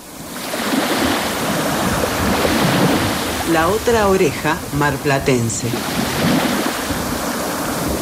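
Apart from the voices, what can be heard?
ocean waves crashing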